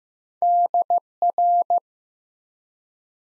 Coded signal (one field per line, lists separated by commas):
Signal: Morse code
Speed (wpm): 15 wpm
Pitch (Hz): 700 Hz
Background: none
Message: DR